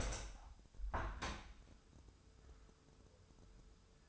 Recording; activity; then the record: daily activity, microphone in the room; open window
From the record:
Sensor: 2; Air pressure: 1014.7 hPa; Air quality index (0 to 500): 28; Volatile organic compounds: 1 ppm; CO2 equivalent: 521 ppm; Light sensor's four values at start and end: 8/19/8/8 and 9/20/8/8